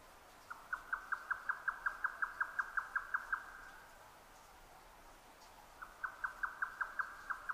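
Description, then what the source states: Grey nightjar song with a steady run of many quick tapping notes, then silence and a fresh series starting up. Recorded 12 June 2009 at 22:41.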